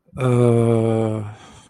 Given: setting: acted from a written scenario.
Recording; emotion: vocal sound without words; confusion